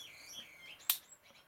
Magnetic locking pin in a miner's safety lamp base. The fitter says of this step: the click so that's the pin inside dropping down